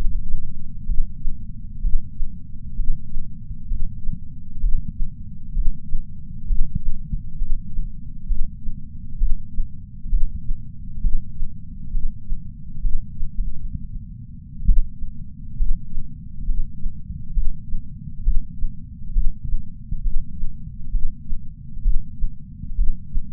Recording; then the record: heart sounds by patch sensor on the chest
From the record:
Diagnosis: coronary artery disease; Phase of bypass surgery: preoperative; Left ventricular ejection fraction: 64.4%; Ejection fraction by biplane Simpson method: 54.2%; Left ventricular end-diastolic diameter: 51 mm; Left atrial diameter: 34 mm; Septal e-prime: 9.9 cm/s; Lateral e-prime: 12.4 cm/s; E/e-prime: 7.7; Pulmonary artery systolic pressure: 20 mmHg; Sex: male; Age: 66 years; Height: 176 cm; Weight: 74.5 kg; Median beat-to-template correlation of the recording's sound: 0.93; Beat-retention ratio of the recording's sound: 0.99